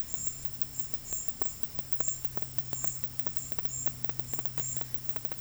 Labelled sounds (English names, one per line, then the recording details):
none
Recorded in dense forest near Puerto Asís, Putumayo, Colombia, on 20 February 2024 at 13:30
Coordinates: 0.487, -76.319
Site G6403